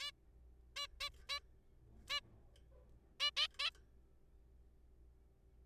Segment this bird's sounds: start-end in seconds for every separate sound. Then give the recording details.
0.01-0.11, 0.76-0.86, 1.01-1.09, 1.29-1.39, 2.10-2.20, 3.20-3.31, 3.37-3.47, 3.60-3.70. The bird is a juvenile. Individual R3428